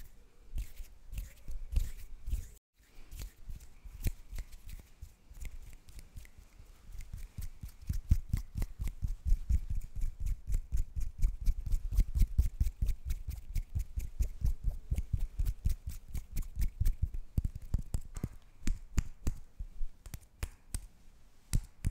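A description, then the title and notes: Hands tap, pat and rub, each hit a short sharp click with a soft thud. Sparse, uneven taps open with a brief gap near three seconds, then the pats grow fast, steady and louder through the middle before thinning out. ASMR Just Hand Sounds.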